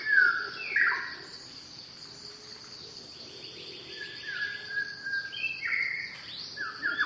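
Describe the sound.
Shama song in short bursts of bright whistled and slurred notes with gaps between, over a continuous high-pitched insect hum.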